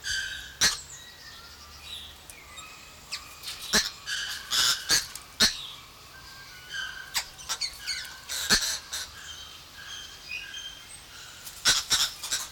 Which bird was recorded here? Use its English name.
Green Woodhoopoe